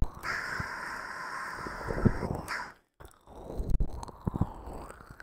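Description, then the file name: Wolf howling, a steady drawn-out tone held for about two seconds, then a brief break and softer, broken sounds with scattered clicks and knocks. "ulv"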